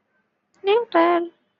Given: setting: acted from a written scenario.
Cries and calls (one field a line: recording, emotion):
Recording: vocal sound without words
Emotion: neutral